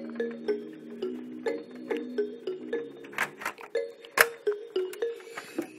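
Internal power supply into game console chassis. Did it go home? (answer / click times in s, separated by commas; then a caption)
no / none. An internal power supply unit is being fitted into a PS4 Fat console chassis, with music playing over the handling noises. Sharp knocks and taps of the part against the chassis are heard around 3.2, 3.5 and 4.2 seconds, but nothing has seated or clicked yet. The power supply fails to fit in place.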